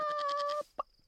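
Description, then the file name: Chicken giving a steady drawn-out note lasting over half a second, followed by one short sharp cluck. "Huhn"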